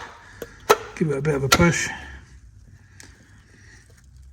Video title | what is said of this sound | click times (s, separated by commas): How to - Oil & Filter Vauxhall Mokka 1.6 CDTi - Full Engine Service DIY tutorial | Everything will sort of click into place, and then just very gently | 0.7 s